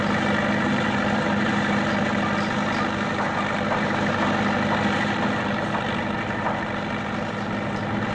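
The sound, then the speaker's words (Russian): A tractor carrying a load of bricks rumbles steadily at idle and then drives in across factory grounds, its low, throbbing drone continuous and fairly loud throughout, with no speech. “За ним заезжает трактор с грузом кирпичей.”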